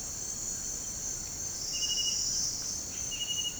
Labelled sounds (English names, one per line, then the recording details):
none
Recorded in secondary vegetation near Puerto Asís, Putumayo, Colombia, on 21 March 2025 at 07:30
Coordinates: 0.502, -76.326
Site G100